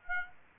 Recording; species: mosquito wingbeat signal from an infrared sensor; Aedes aegypti